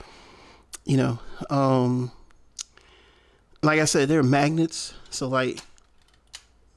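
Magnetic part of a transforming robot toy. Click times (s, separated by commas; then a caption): 6.4 s. Someone talks while moving a magnet-assisted part of a Yamato GNU-GOU Galaxy Cyclone Braiger J9 plastic and die-cast transforming robot toy during a transformation. A few faint ticks come first, then a sharp click at 6.4 s as the part seats and locks into place.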